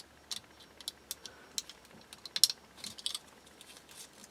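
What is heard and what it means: The electrical connector on a Q5's fuel pump module is refitted during a fuel leak fix, and its plastic locking tab is pushed back in. Light plastic ticks and rattles build to a tight cluster of sharp clicks, the loudest at 2.4 s. The connector's locking tab clicks in and is seated.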